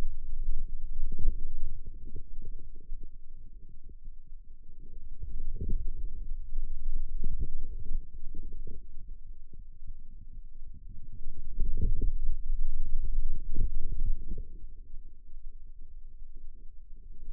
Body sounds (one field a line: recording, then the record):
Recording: forearm muscle sounds (acoustic myography)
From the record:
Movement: outward rotation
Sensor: system 2, bracelet of six BSWA MPA416 microphones around the upper forearm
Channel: 2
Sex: male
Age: 22 years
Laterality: right